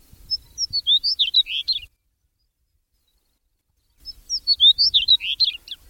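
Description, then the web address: Chestnut-collared longspur song: two short, tumbling phrases of sweet, jumbled high warbled notes, each under two seconds, separated by about two seconds of silence, with faint low rumble beneath. "Thumbs Plus Zoo Field Guide Repository Sounds"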